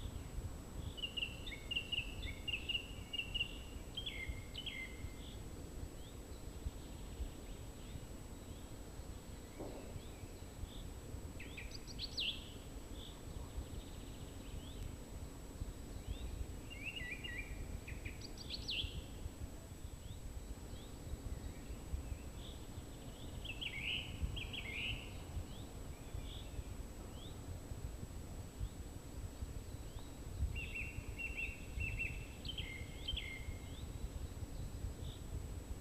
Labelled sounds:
Song Thrush song

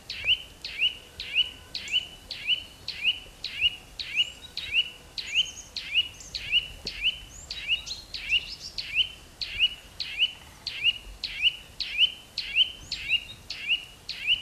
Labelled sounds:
Eurasian Nuthatch song

